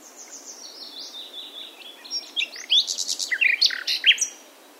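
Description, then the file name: Nightingale song opening with soft descending whistles, building into loud, varied chirps and sharp clicking notes in quick succession. "Luscinia megarhynchos"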